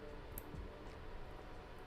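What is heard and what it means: A second wire connector is pushed into its socket on a humanoid robot's actuator, held close to the microphone, giving a single sharp click at 0.4 s over a low steady background. The connector is seated and locked in.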